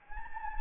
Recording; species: mosquito wingbeat signal from an infrared sensor; Anopheles gambiae